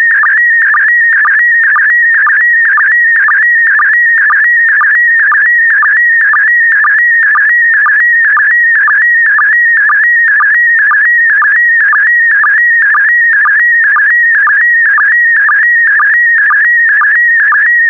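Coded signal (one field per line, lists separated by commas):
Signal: SSTV (slow-scan television)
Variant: PD120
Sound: continuous warbling whistle around 2 kHz with rhythmic short low blips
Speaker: complete. You can now check your decoded image against the picture that is shown on the video.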